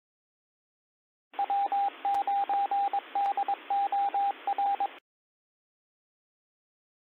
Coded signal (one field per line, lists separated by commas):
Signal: Morse code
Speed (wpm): 22 wpm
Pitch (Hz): 800 Hz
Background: radio noise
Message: W9DOR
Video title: STURGEON BAY AMATEUR RADIO, NOT SO GOODMORNING NET, WEDNESDAY, 2024 01 24 08 00 08